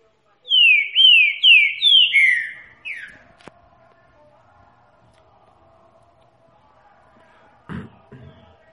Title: Canto De Trinca Ferro. TRINCA=FERRO BAIANO CANTO CATINGUEIRO